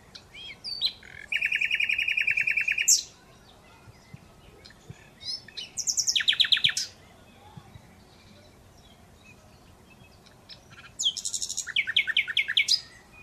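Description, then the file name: Common Nightingale singing fast trills of rapid notes, several phrases of one to two seconds separated by pauses of a few seconds. "Luscinia megarhynchos"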